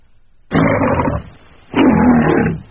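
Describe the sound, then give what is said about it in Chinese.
Two long, loud lion roars in succession from the MGM (Metro-Goldwyn-Mayer) film studio logo at the start of Gone with the Wind, each a broad rumbling growl lasting under a second, separated by a brief pause, with no talking. “咱们现在就只能去饭馆点一道红烧狮子头，缅怀米高梅啊！”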